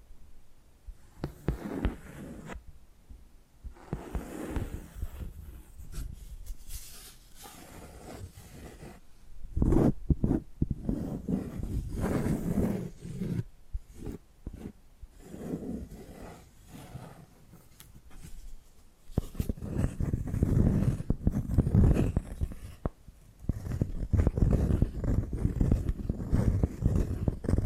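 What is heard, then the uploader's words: Tapping and scratching sounds play in bursts of soft, low rubbing and quick taps. Sharper clicks cut in around ten and nineteen seconds, and the activity grows busier and denser in the final stretch after short pauses. ASMR Hypnotic Tapping and Scratching Sounds (No Talking).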